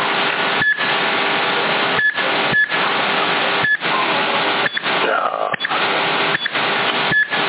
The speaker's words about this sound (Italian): Cazzo bip hanno messo. Come questo bip? Ha fatto l'aggiornamento di Midlax Vital, che quando premi che cambi canale si fa bip bip bip bip.